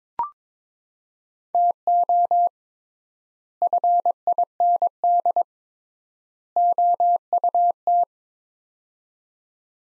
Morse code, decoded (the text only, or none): TO FIND OUT